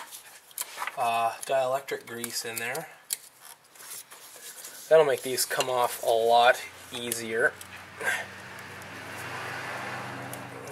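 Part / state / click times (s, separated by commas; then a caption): spark plug wire boot onto spark plug in engine head / seated / 10.3 s. A spark plug wire boot, greased with dielectric silicone grease, is pushed down onto the spark plug in the engine head of an MK4 VW 2.0L. Someone talks, then there are light clinking and rubbing handling sounds and a low steady hum. The boot clicks into place and is seated at 10.3 s.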